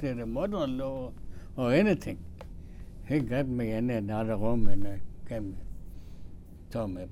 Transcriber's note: none